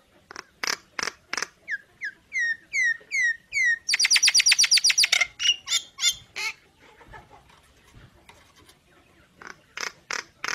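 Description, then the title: Nias hill myna song: evenly spaced loud notes, a series of slurred whistles, then a rapid metallic rattle-like series, fading to scattered notes before loud calls return. Energetic 'gacor' singing with a very loud 'super gledek' voice, used as master material for tutoring songbirds. "Burung Jalak Nias Gacor Suara Super Gledek Untuk Masteran"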